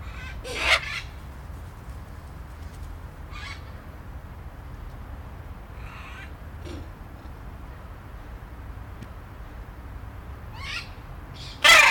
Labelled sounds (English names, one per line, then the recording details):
Hyacinth Macaw
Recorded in captivity
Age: adult
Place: Tiergarten Wilhelma/Stuttgart, Baden-Württemberg, DE
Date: 1996-09-18 17:32
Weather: bedeckt, 14°C, teils böiger Wind
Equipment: Sony MD-WM MZ-R3, Sennheiser ME 80, Kopie Uher 4000 Report Monitor
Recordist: Tembrock, Günter
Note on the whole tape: Zwei Tiere, diverse Lautformen (Entfernung ca. 2 m)